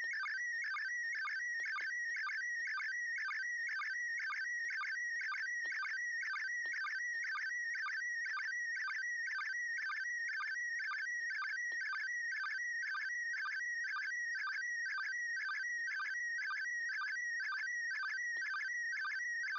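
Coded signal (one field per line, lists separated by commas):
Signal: SSTV (slow-scan television)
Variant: PD120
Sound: steady warbling tone stepping between pitches, with a short low blip twice per second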